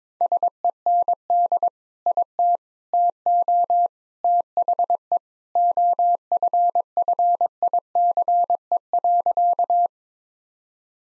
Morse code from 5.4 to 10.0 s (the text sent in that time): OFFICE.